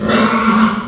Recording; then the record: squeal of a Yucatan mini pig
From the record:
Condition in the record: after surgery on the right vocal fold (resection and tissue-engineered implant); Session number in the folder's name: 16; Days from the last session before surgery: 183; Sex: female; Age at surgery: 19 weeks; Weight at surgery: 25 kg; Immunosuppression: prednisolone